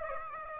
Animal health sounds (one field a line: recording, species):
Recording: mosquito wingbeat signal from an infrared sensor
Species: Aedes aegypti